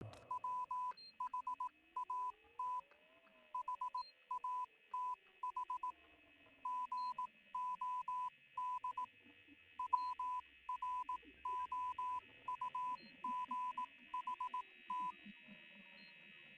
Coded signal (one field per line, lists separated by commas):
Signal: Morse code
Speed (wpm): 18 wpm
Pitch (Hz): 1000 Hz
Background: none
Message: WHAT HATH GOD WROUGHT